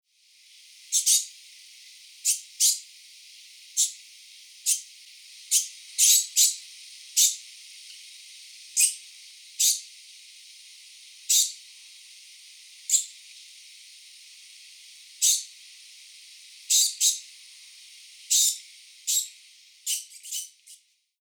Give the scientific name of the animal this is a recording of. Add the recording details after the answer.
Octodon degus. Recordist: Tembrock, Günter. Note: Lautfolgen